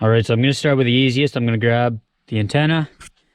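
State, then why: Not seated. Someone talks while picking up the antenna cable plug for an aftermarket EONON car radio head unit, about to push it into its socket on the back of the unit. Only speech is heard. Nothing has seated or clicked yet.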